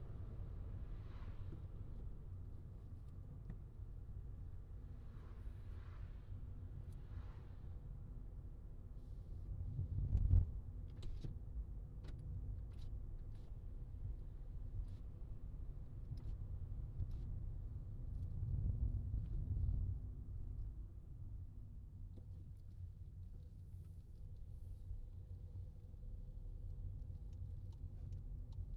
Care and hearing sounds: everyday scene through a hearing-aid microphone; in a vehicle; engine, traffic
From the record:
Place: Skoda Fabia, gasoline engine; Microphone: in the ear canal, left

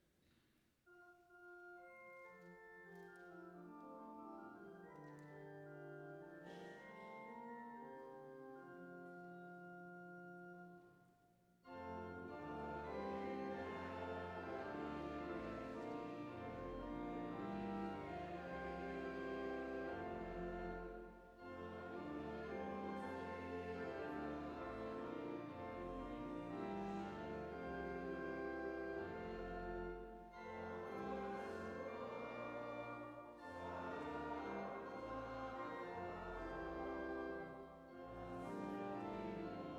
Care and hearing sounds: everyday scene through a hearing-aid microphone; reverberant space; music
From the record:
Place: church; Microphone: behind the ear, right, front

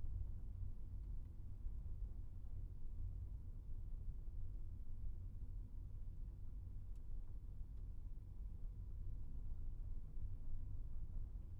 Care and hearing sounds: everyday scene through a hearing-aid microphone; in a vehicle; engine, rumble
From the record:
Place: Skoda Fabia, gasoline engine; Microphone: behind the ear, right, front

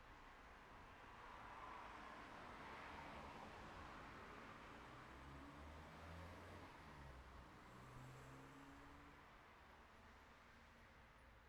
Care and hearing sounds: everyday scene through a hearing-aid microphone; in traffic; traffic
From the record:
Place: city secondary road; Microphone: behind the ear, right, front

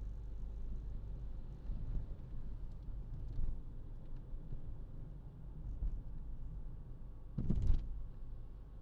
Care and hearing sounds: everyday scene through a hearing-aid microphone; in a vehicle; engine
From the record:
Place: Berlingo II, diesel engine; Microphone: in the ear canal, left

